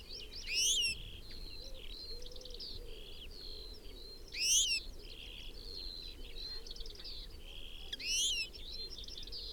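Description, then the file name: European goldfinch giving three strident, sweeping harmonic calls roughly every four seconds, while quieter twittering continues steadily underneath. "Carduelis carduelis"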